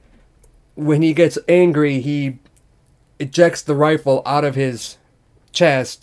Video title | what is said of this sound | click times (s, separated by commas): NECA TMNT Metalhead Action Figure Unboxing and Review - Teenage Mutant Ninja Turtles Collection | like that and then that little cable piece there's a little notch right underneath it that pops right in | 0.4 s